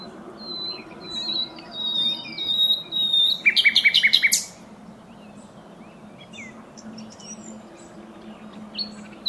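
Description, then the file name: Common nightingale song: high whistled trills, then a loud burst of about eight quick repeated notes, followed by softer scattered chirps over a low steady hum. "Luscinia megarhynchos"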